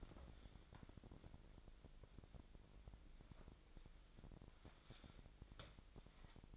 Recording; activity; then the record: daily activity, microphone in the room; wipe stove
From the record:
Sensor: 5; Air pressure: 1001.7 hPa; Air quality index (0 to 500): 176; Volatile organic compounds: 10 ppm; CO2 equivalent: 2256 ppm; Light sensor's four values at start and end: 23/79/30/31 and 23/78/29/30